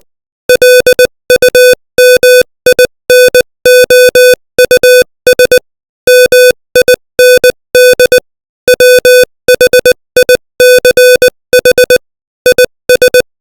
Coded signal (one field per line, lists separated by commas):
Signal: Morse code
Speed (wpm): 20 wpm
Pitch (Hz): 500 Hz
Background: music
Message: LUMINOUS MIND WHICH IS